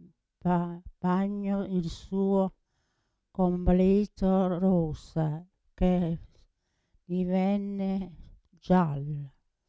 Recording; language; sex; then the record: read passage; Italian; female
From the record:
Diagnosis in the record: Parkinson's disease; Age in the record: 80 years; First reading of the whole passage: 169 s, 3.1 characters per second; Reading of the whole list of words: 101 s, 2.8 characters per second